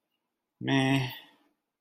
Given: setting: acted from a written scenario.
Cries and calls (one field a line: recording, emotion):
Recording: vocal sound without words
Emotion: neutral